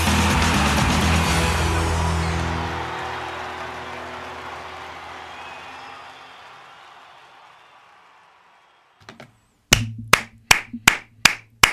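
crowd, audience applause

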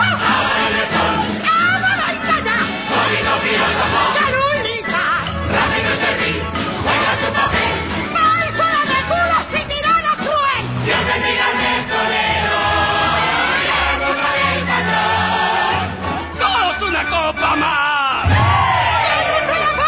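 crowd, audience applause

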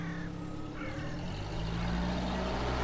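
vehicle, car driving away

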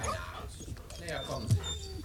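animal, dogs barking

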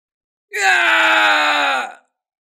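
sound effect, man screaming in pain

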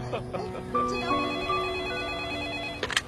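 signal or alarm, telephone ringing

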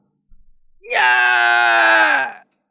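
sound effect, agonized scream

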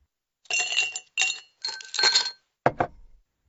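household object, ice cubes clinking

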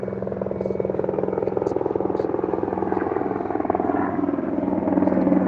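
vehicle, airplane flying overhead

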